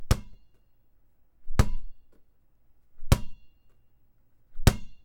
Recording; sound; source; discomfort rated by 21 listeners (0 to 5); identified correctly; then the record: sound for misophonia research; basketball dribbling; not oral or nasal; mean 0.64, standard deviation 0.55; in 42 of 42 trials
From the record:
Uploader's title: basketball ext dribble bounce hard surface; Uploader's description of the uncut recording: basketball ext dribble bounce hard surface.flac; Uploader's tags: bounce, dribble, basketball, ext